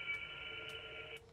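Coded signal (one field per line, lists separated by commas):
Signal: HF data modem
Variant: VARA HF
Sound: dense rushing data hiss with faint steady tones, stopping abruptly after a second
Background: radio static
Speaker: trying to send an email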